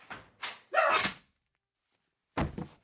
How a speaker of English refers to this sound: Is that you knocking at the door? Yes.